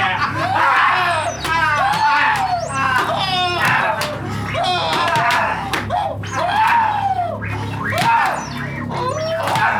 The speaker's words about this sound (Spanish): ¡Cállate! ¡Cállate! Tus gritos son inútiles.